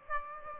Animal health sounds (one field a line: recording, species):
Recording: mosquito wingbeat signal from an infrared sensor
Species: Aedes aegypti